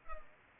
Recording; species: mosquito wingbeat signal from an infrared sensor; Culex pipiens